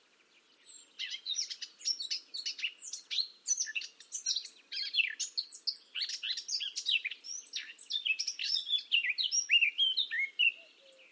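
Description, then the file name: Eurasian blackcap song: a long, unbroken, fast warble of scratchy and whistled notes, varied in pitch throughout. "Sylvia atricapilla"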